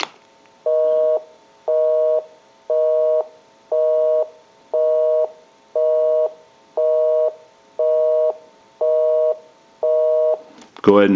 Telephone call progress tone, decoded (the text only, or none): busy tone